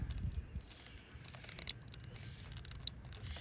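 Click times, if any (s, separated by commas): 2.9 s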